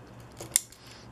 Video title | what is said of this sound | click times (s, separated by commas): Wu的變形金剛分享時間 第112集 TF3 DOTM V級 星月柯博文 | 部通通，它会听到咔一声就压回去，能听到。 | 0.6 s